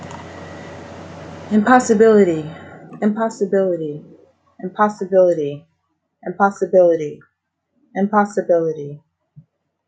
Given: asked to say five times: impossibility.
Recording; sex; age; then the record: repeated word; female; 40 to 49 years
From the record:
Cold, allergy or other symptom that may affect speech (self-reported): no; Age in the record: 40 years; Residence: Florida, United States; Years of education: 16